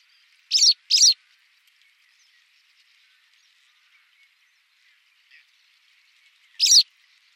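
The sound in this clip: White wagtail calls: a crisp double chirp, several seconds of quiet, then a single sharp high note.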